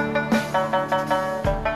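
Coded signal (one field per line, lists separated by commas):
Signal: none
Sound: music notes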